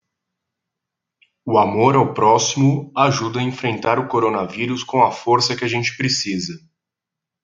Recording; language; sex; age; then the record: spoken sentence; Brazilian Portuguese; male; 30 to 39 years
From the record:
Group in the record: control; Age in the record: 35 years